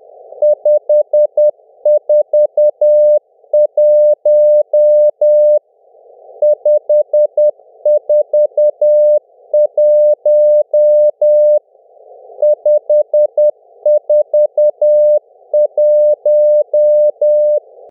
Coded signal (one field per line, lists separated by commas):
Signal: Morse code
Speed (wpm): 10 wpm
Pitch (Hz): 600 Hz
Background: music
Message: 541 541 541